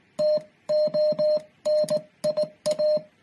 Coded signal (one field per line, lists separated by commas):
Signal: Morse code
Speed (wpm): 18 wpm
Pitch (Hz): 610 Hz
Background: music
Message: TONIA